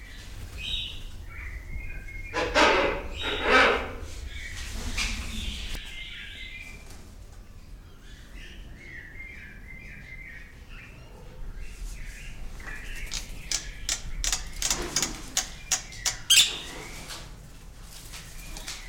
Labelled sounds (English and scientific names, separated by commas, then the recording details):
Wreathed Hornbill (Rhyticeros undulatus) call
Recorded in captivity
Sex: pair
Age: adult
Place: Zoo Berlin, Berlin, DE
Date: 1996-02-10 15:11
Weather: heiter bis wolkig, -11°C
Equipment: Sony MD-WM MZ-R3, Sennheiser ME 80, Kopie Uher 4000 Report Monitor
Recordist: Tembrock, Günter
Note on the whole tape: Paar mit Bruhthöhle (noch offen)